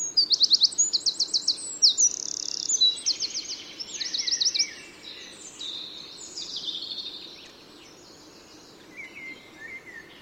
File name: Troglodytes troglodytes